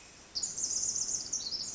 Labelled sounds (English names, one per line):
Pacific Wren